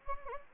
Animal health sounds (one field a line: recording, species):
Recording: mosquito wingbeat signal from an infrared sensor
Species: Anopheles gambiae